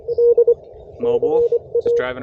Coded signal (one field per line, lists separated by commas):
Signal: Morse code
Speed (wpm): 24 wpm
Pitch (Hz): 470 Hz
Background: speech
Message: D CA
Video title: Unboxing a new-to-me QRP rig & brand new key!